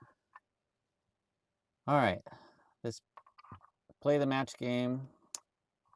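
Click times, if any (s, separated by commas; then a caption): 5.3 s. A plastic wiring-harness connector is matched to its mating plug in the tie-in cable behind a Hansshow digital rearview mirror on a Cybertruck and pushed together while someone talks. It latches with a sharp click at 5.4 s, snapping into place and seating fully.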